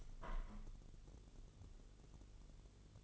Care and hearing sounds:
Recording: daily activity, microphone in the room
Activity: open window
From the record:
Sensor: 4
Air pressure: 1015.8 hPa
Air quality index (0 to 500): 118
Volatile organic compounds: 2 ppm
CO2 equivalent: 1316 ppm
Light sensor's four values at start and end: 9/20/8/7 and 9/20/8/8

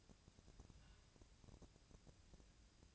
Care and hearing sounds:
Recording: daily activity, microphone in the room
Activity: take from stove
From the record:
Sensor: 2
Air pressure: 999.8 hPa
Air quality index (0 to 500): 120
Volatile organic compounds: 2 ppm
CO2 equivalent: 1035 ppm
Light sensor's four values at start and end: 35/85/37/42 and 35/86/37/42

